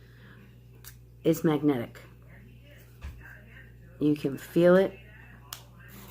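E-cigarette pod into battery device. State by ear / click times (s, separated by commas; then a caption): seated / 5.5 s. A plastic vape pod is pushed into the magnetic battery body of a MARKTEN ELITE pod system while someone talks. It seats with a sharp click at 5.5 s and stays firmly in place.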